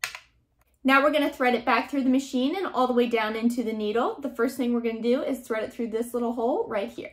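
A black plastic spool holder, threaded through a new blue thread spool, is pressed firmly back into its spring-lever mount on a UALAU handheld double-line sewing machine. It clicks into place with a sharp hit at 0.0 s, seating it. After a short quiet gap, someone talks.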